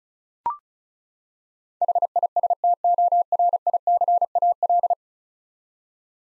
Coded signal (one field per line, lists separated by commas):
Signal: Morse code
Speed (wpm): 36 wpm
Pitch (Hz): 700 Hz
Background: none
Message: HISTORICAL